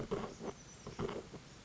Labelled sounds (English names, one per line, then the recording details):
Oak Titmouse
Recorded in Sonoma County, California